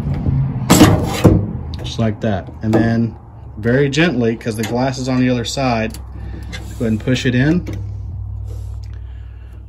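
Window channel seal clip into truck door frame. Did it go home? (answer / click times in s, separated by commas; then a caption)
no / none. The front of a rubber window channel and door seal clip on an F100 truck door is gently pushed into the door frame, with the glass on the other side. Someone talks throughout, with a few faint handling ticks near the end. Nothing has seated or clicked yet.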